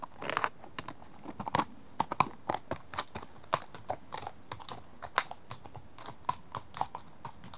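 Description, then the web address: Horse hoofbeats, crisp hollow clops at walking pace, uneven in loudness throughout. One horse approaching at a walk. "BBC Sound Effects Library BBC 37-Horses. One horse approaches at walk, on"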